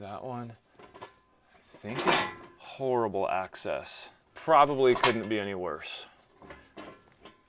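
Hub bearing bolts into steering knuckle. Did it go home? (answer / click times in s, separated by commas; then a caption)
no / none. A mechanic tries to thread the hub bearing bolts into a new steel steering knuckle in a spot with poor access, but the bolts do not catch or turn, and he thinks they are cross-threaded. Someone talks over faint, low-level handling sounds, and nothing has seated or clicked.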